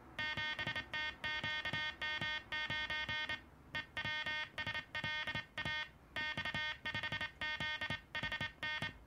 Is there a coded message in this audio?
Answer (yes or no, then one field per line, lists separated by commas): yes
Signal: Morse code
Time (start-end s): 0.2-8.9 s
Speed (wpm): 27 wpm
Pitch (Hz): 1850 Hz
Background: music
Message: 7TQM9 EWSLA X5ZHN